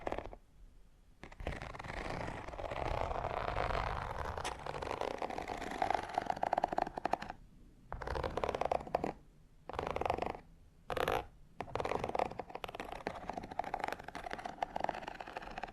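Fingernails scratch and pick across textured leather in dense, rough bursts of crackly rasping. The scratching runs almost continuously from about one second to seven, then breaks into shorter strokes separated by brief silences, with a faint whistly tone running through several strokes.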